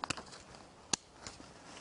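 The plastic male tongue of a side-release buckle on a Wisport Reindeer 55 backpack strap is pressed into its female housing. A few faint ticks at the start lead to one sharp, firm snap at 0.9 s, then quiet. The buckle clicks shut and is seated, with a firm, correct click rather than a springy one.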